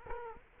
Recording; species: mosquito wingbeat signal from an infrared sensor; Culex quinquefasciatus